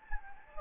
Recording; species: mosquito wingbeat signal from an infrared sensor; Anopheles gambiae